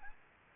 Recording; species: mosquito wingbeat signal from an infrared sensor; Aedes albopictus